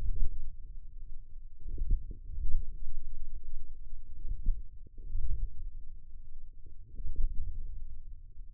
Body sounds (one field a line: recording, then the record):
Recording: forearm muscle sounds (acoustic myography)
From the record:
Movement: wrist flexion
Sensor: system 1, eight BSWA MPA416 microphones around the upper forearm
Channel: 6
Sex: male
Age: 28 years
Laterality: right